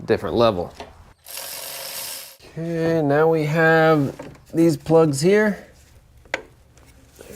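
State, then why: Seated. A wiring harness plug is pushed onto its socket on the inverter of a 2004–2009 Toyota Prius during reinstallation while someone talks. A broadband rasping noise is followed by a single sharp click at 6.3 s as the plug seats.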